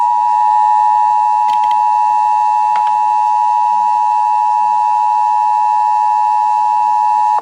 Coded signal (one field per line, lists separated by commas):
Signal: Emergency Alert System (SAME) tones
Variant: 853 and 960 Hz attention tone